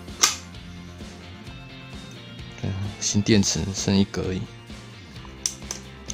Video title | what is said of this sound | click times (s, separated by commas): 半夜也要起床手刀刷卡!! 太超值了的BOSCH 4件組!! 不買會後悔!! [硬是要開箱] [工具控] | 池一样从后面直接扣上去就可以了。对， | 0.2 s